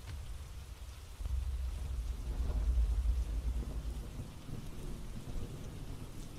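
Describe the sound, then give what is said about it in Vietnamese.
Steady rain hisses at the close of a funeral while a deep, rolling rumble of thunder swells in after a second and lingers loudly through the rest of the storm, with no voices. “Đám ma của bà cụ Lẫn kết thúc trong cái sự ma quái và cơn mưa kỳ lạ”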